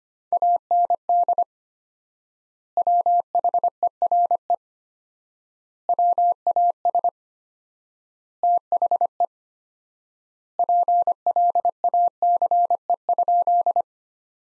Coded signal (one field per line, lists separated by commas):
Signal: Morse code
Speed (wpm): 25 wpm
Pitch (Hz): 700 Hz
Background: none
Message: AND WHERE WAS THE PLACE?